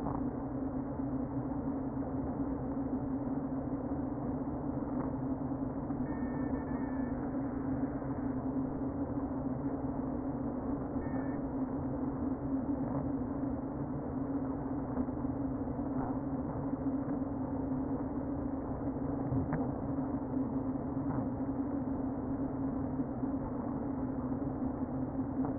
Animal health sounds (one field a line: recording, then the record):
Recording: honeybee colony, microphone inside the hive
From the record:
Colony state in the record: queen present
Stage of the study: before two queens were removed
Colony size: about 60,000 bees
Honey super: yes